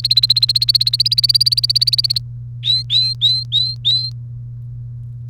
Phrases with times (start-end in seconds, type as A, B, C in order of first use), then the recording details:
0.00-2.18 A, 2.63-4.10 B. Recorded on 30 April 2018 at 16:53. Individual llb3